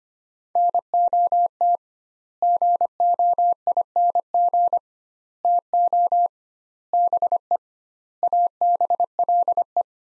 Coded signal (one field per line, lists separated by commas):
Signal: Morse code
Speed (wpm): 25 wpm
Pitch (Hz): 700 Hz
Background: none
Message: NOT GOING TO BE ABLE